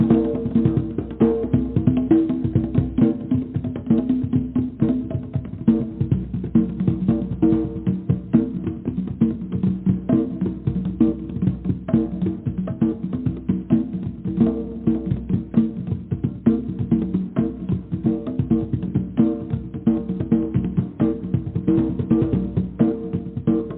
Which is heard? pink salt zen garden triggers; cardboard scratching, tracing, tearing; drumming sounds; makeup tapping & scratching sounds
drumming sounds